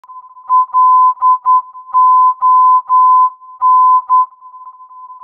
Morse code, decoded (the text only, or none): LON